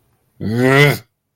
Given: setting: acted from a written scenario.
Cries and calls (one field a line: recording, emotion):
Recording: vocal sound without words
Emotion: anger